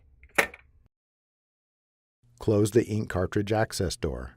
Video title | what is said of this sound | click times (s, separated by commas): Fixing a Carriage Jam on the HP ENVY 5540 Printer HP ENVY HP | the paper path cover then push down until it snaps into place | 0.4 s